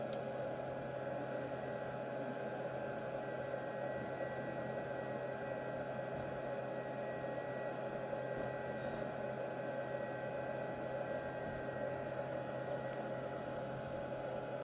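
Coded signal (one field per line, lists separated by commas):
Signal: FT8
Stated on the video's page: FT8 through a Micro PA50+ amplifier under testing.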